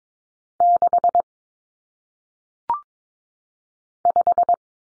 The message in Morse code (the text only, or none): 6 5